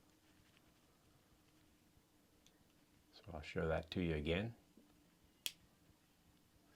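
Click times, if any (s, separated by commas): 5.5 s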